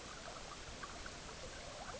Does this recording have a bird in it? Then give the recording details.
no. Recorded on Arctic tundra, site EABA-MC, on 18 June 2019. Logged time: 10:00